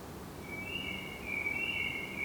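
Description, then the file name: Eurasian blackbird song: a soft, clear fluted whistle that holds a steady pitch and then warbles gently toward the end. "Turdus merula"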